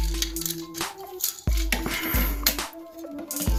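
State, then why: Seated. The upper body parts of a plastic War for Cybertron: Siege Megatron transforming robot figure are slid together into the torso assembly, with light plastic handling sounds over background music. Two sharp plastic clicks are heard at 1.7 s and 2.5 s as the parts lock into place.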